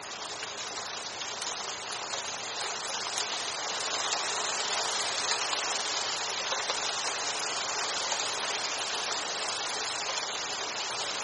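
Rain heard from under the eaves, a dense, steady hiss of countless tiny drops with no pauses or distinct splashes. The sound is bright and airy with little low rumble, and it swells slightly after the first few seconds before holding level to the end.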